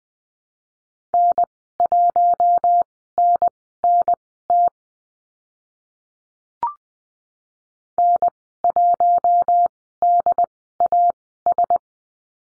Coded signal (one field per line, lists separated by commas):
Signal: Morse code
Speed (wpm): 20 wpm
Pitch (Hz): 700 Hz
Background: none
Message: N1NNT N1DAS